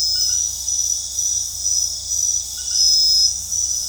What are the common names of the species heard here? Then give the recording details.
none. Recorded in dense forest near Puerto Asís, Putumayo, Colombia, on 21 February 2024 at 23:30. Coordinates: 0.485, -76.322. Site G6406